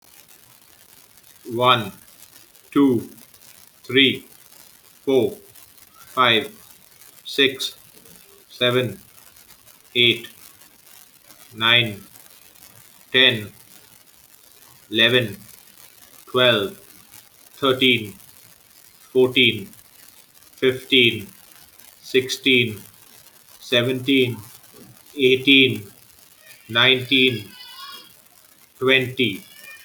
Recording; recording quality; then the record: counting at a normal pace; excellent, no background noise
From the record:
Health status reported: healthy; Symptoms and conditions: none ticked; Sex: male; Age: 44 years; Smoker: not ticked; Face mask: not worn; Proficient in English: yes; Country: India